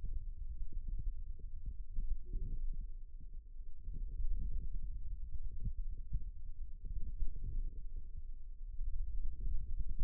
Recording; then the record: forearm muscle sounds (acoustic myography)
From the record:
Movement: radial deviation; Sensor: system 2, bracelet of six BSWA MPA416 microphones around the upper forearm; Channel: 4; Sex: male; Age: 22 years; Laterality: right